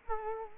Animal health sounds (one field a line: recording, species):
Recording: mosquito wingbeat signal from an infrared sensor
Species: Culex quinquefasciatus